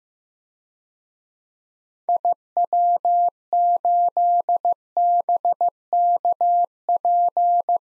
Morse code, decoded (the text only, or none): IW8BKP